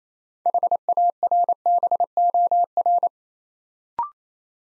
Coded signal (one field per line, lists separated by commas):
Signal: Morse code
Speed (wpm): 28 wpm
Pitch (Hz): 700 Hz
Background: none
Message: HARBOR